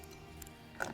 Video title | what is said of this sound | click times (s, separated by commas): 2018 Jeep Wrangler JL gets protection from gremlins! Drake Off Road Black Locking Gas Cap Install | it's fully locked on there no one can get in there besides you | 0.8 s